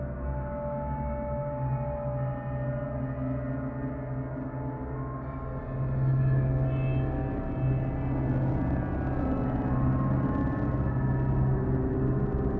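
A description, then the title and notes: A distant planet ambience: a steady, dense drone of low tones layered with many sustained ringing pitches, like a long gong wash. Around six seconds it swells slightly louder, and faint airy shimmer drifts in higher up during the second half. Distant Planet Ambience.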